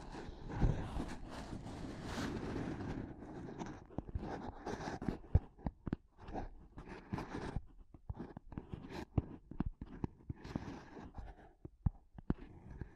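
Mic tapping and scratching: a dense rustling scrape for the first four seconds, then sharp irregular taps and short scratches scattered throughout.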